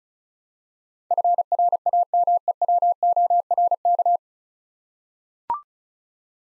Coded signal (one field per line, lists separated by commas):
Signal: Morse code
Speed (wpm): 36 wpm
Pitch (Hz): 700 Hz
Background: none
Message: FRAMEWORK